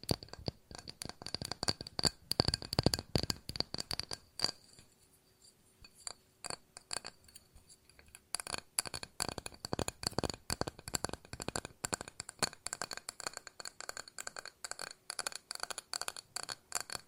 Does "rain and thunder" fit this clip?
no